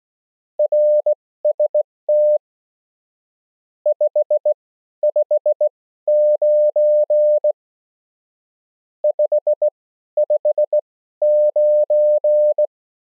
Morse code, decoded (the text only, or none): RST 559 559